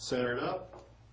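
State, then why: Not seated. From under the vehicle, a clutch hydraulic line is centered up at the cylinder's quick-connect coupling while someone talks. The line has not yet been pushed home, and nothing has seated or clicked yet.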